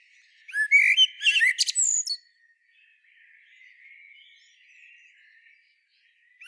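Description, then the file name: Common blackbird: a short burst of whistled notes and a high, scratchy twitter, then a long stretch of faint, soft warbling. "Turdus merula"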